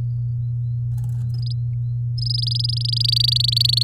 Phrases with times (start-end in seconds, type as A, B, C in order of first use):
1.34-1.53 A, 2.17-3.83 A